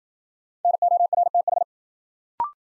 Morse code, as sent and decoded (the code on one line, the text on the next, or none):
-. --- .-. - ....
NORTH